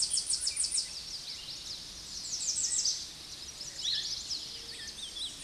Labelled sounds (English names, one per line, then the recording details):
American Redstart song
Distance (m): 15 m
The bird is about 10 m above the microphone
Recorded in a Pennsylvania forest on 16 May 2024 at 06:54
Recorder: AudioMoth, point MSD-2377
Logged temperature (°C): 16.1 °C
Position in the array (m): 127 m, 208 m